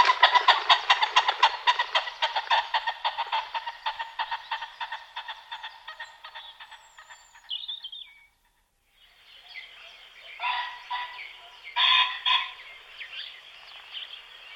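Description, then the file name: Common pheasant uttering a long, rapid chatter of harsh notes that slowly fades, followed by a pause and a few rough bursts. "bažant-obecný"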